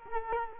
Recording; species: mosquito wingbeat signal from an infrared sensor; Culex quinquefasciatus